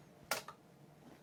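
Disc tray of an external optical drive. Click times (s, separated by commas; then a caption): 0.3 s. After the eject button is pressed on a Takit external USB 3.0 and USB-C CD/DVD drive, its plastic disc tray springs open with a sharp click at 0.3 s. A softer knock follows at 0.5 s. The tray is released and stands open.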